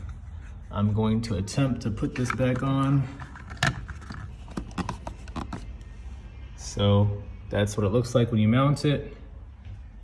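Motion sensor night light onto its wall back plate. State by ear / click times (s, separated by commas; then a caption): seated / 3.6 s. A battery-powered plastic motion-sensor night light is slid onto its adhesive plastic wall back plate until three grooves lock it in place, with a sharp click at 3.6 seconds marking the lock. A few lighter taps follow between about 4.6 and 5.4 seconds, and someone talks before and after.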